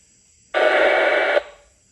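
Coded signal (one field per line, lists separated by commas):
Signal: packet radio (AX.25, as in APRS)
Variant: 1200 baud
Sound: a single short harsh warbling data burst, under a second, between quiet static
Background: radio static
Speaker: Some very faint packets there. Let's hope we hear a closer one.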